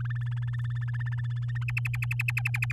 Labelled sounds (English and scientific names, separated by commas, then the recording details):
Domestic Canary (Serinus canaria) song
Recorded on 11 May 2018 at 05:37
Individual llb16